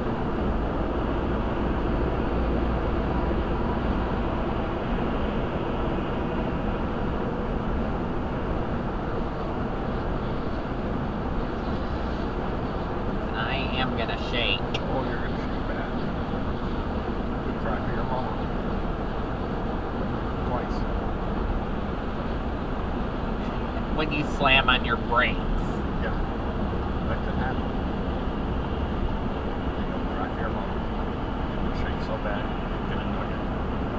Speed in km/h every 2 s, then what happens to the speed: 119, 119, 119, 119, 116, 114, 113, 111, 109, 108, 108, 108, 108, 106, 106, 106, 106.
0-34 slows to 106.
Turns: none.